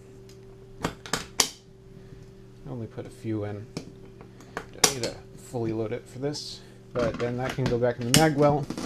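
A partly loaded magazine is handled one-handed for insertion back into the mag well of a semi-automatic pistol while someone talks. Sharp metallic clicks and rattles are heard around 0.8–1.4 s and again around 4.2–4.8 s, but the clip ends before the magazine goes home, so nothing has seated or clicked into place yet.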